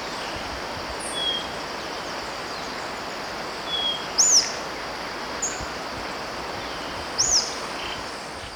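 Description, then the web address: White-fronted Tyrannulet song: sharp, high arched notes about three seconds apart, mixed with faint thin whistles and a steady background hiss. Ecuador. "Natures Songs S America Birds of Ecuador 3 White-Fronted Tyrannulet"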